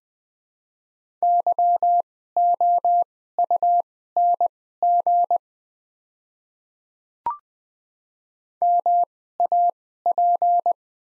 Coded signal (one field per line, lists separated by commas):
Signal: Morse code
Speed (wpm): 20 wpm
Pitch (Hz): 700 Hz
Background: none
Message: YOUNG MAP